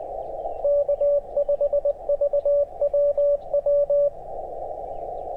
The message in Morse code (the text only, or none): K5VWW